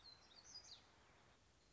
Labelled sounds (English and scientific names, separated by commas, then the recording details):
Black-throated Gray Warbler (Setophaga nigrescens)
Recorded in Sonoma County, California